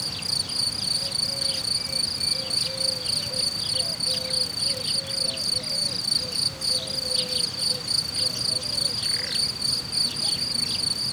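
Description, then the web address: Cricket song, a dense high chirping trill, steady and continuous, over faint warbling notes lower down. Cricket recorded in nature at Hortobágy in 2014, described as idyllic. "allathangok termeszetben tucsok professzionalis 2014 idilli balmikrofonraraszallorovar hortobagy"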